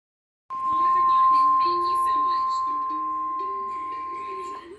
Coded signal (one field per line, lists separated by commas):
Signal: Emergency Alert System (SAME) tones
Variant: 1050 Hz attention tone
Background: speech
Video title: An Glitchy EAS Video... EAS Alerts From 8/11/23-8/12/23 (EAS 286-298)